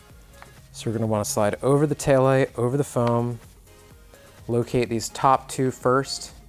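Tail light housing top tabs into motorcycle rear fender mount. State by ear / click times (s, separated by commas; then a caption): not seated / none. Someone talks while a plastic programmable integrated tail light housing from TST Industries is slid over the foam on the rear fender mount of a 2019+ Honda CRF450L motorcycle, with its top two tabs being located over their slots. Nothing has seated or clicked into place yet.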